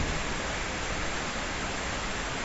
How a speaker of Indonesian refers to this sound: Kalau sama suaranya hujan.